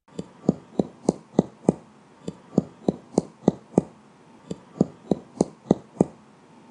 Percussion notes are hyperresonant in lungs that are overinflated and duller in lungs that are more empty. A chest that is being percussed at the point of maximum expiration.